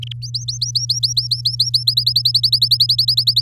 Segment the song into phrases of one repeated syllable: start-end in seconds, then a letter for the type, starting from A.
0.02-0.12 A, 0.22-1.83 B, 1.87-3.42 C